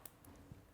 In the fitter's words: piece right here and you want to be super duper sure that you pull it all the way down it kind of snaps down at the end